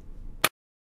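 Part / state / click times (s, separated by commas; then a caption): ignition coil into spark plug well of engine / seated / 0.4 s. An ignition coil on an Audi A4 (B6/B7, 2002–2008) 2.0 L FSI engine is pressed down onto the spark plug in the spark plug well of the cylinder head. After a low, quiet background, a single sharp broadband snap is heard at 0.5 s, then silence. The coil snaps into place and is seated.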